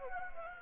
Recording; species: mosquito wingbeat signal from an infrared sensor; Anopheles gambiae